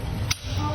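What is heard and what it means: The chisel bit retaining lock on a ZEKOKI demolition hammer is pulled back and turned, and one sharp click at 0.3 s shows it has seated and locked. Turning it the other way loosens it. Low background noise runs throughout.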